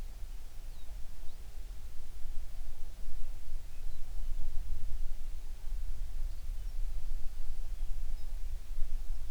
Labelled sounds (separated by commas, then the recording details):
songbird
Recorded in the Prudhoe Bay oil fields, Alaska, on 11 June 2019 at 04:34
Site 21